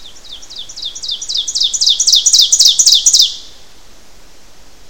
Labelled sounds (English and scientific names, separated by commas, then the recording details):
Ovenbird (Seiurus aurocapilla) song
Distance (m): 5 m
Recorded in boreal forest in Alberta, Canada, on 12 June 2016 at 07:17
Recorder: SongMeter 3, array SBT-3-18
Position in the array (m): 240 m, 83 m
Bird 31